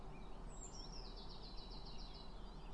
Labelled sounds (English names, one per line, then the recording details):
Eurasian Blue Tit
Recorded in Germany
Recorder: ecoPi